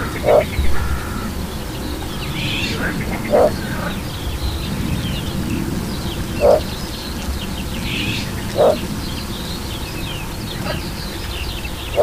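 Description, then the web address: Little bittern uttering a steady series of low, hollow barks roughly every two to three seconds, with other birds calling behind. "agykontroll Madardalok Cd 3. Törpegém"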